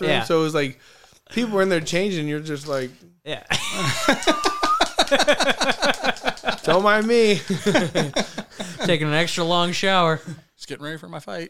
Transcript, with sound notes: So it was like, people weren't there changing, you're just like. Yeah. (laughing) Don't mind me. I was taking an extra long shower. It's getting ready for my fight.